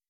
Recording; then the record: hydrophone in a shrimp aquaculture tank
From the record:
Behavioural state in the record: weakened